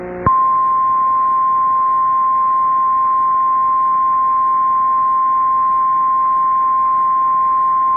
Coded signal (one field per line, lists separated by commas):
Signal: Emergency Alert System (SAME) tones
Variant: 1050 Hz attention tone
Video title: EAS #941: EAS Severe Thunderstorm Warning- June 9, 2024- 8:14PM PDT